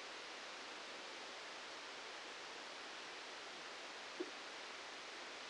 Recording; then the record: brain microelectrode recording played as sound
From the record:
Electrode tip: outside the subthalamic nucleus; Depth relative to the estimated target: -8 mm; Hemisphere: right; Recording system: NeuroSet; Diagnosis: Parkinson's disease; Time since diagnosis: 13 years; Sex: male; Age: 65 years